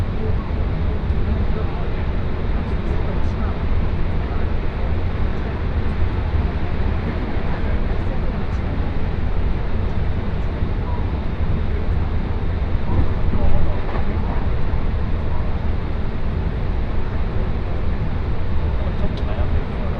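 A Tokaido Line special rapid train runs between Kusatsu and Shin-Osaka, its heavy low rumble steady for the whole stretch with little change in level. Faint murmuring voices sit under the constant running noise, with occasional light clicks and rattles.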